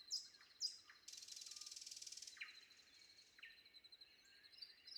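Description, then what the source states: Common nightingale song: sharp high notes, then a loud buzzy rattling trill and sweeping notes, over a steady high drone. Recorded before dawn.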